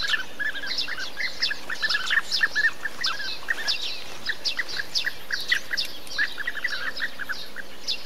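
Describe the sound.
Bee-eater calls, rapid rolling notes in dense bursts, over a low steady hum.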